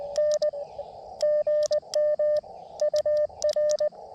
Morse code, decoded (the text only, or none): N GM UR